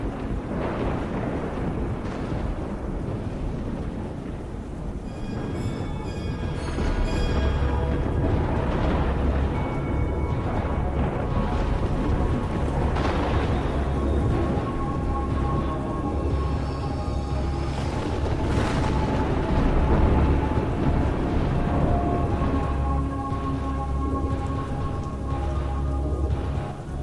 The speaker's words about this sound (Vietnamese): Từ trên bầu trời, giữa cơn mưa gió, một tia sét màu xanh lè giáng thẳng xuống ở trên chóp của ngôi chùa. Những tia lồi điện giật đèn đẹt ghê rợn. Tia sét to giáng xuống phá tan nóc của ngôi chùa.